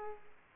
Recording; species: mosquito wingbeat signal from an infrared sensor; Aedes aegypti